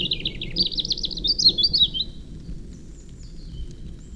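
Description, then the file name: European robin song: a rapid high warbling, tinkling phrase lasting about two seconds, then quieter faint high notes, with low rumbling noise underneath. "Erithacus rubecula"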